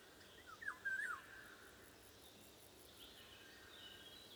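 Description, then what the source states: Golden oriole song: one short fluty, yodelling whistle phrase that rises and falls in under a second, over steady wind noise. Windy conditions.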